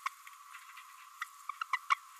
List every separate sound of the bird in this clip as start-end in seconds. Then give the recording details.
0.06-0.08, 1.21-1.24, 1.73-1.77, 1.90-1.95. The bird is a female. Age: 27 days. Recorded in a nest box in Venezuela. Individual 17B32A5